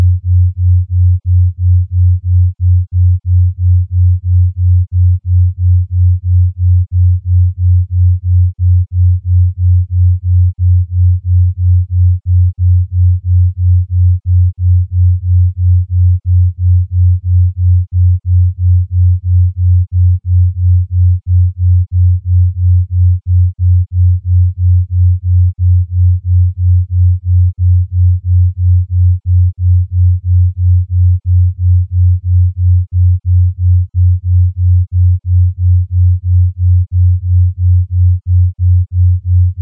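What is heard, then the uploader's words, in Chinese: A delta brainwave tone at 3 Hz: a deep, low hum that throbs in even pulses about three times a second. It stays completely steady from start to finish, with no high sounds and nothing else in the background. 德尔塔脑波3Hz丨δ频率。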